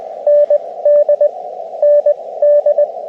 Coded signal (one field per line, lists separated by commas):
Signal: Morse code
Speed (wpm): 24 wpm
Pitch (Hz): 590 Hz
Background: radio noise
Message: ND N D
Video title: Overlook Mountain SOTA